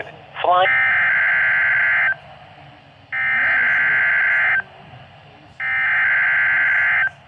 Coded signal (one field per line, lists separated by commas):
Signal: Emergency Alert System (SAME) tones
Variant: header bursts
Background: speech